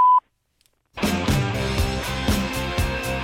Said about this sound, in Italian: Lasciare un messaggio dopo il beep.